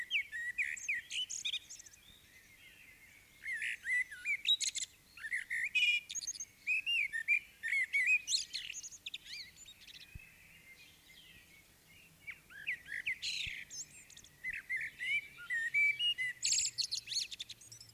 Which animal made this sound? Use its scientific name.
Turdus merula